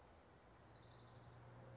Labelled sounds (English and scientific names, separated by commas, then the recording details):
Orange-crowned Warbler (Leiothlypis celata)
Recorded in Sonoma County, California